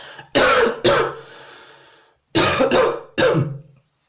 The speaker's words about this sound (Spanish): Y también os dejo unos ruidos de fondo, para que parezca que estoy ahí, sabes, como risas y toses y tal. Pero pues ahí voy con, empiezo con una risa, ¿no? Qué bueno. Ahora voy con una tos y tal.